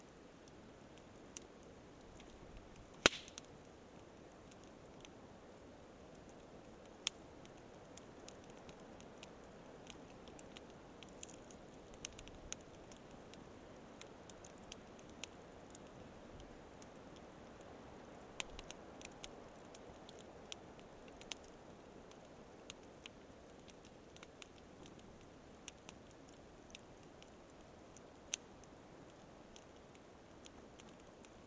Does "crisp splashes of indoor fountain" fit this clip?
no